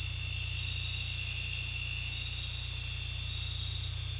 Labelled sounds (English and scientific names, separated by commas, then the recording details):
none
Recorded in dense forest near Puerto Asís, Putumayo, Colombia, on 16 December 2024 at 20:00
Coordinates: 0.467, -76.328
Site GP05